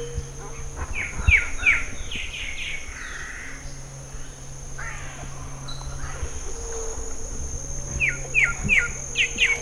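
Bird calls: clusters of quick chirps early and late, over a constant high insect-like whine and a low steady hum.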